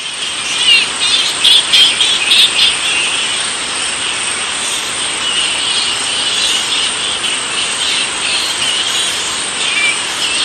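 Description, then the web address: Straw-coloured fruit bat colony chatter, a dense, continuous wall of high squeaks and shrill calls, a little louder in the first few seconds, with no other clear sounds. "earth naturelibrary assets s st straw-coloured fruit bat"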